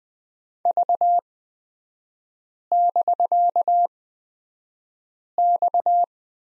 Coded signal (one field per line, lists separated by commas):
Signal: Morse code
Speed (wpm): 20 wpm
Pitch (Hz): 700 Hz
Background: none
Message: V<BK>X